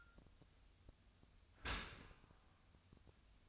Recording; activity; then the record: daily activity, microphone in the room; open dishwasher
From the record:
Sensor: 2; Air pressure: 1004.5 hPa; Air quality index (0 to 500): 117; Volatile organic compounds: 3 ppm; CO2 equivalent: 1412 ppm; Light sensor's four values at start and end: 6/15/6/6 and 6/15/6/6